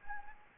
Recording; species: mosquito wingbeat signal from an infrared sensor; Anopheles gambiae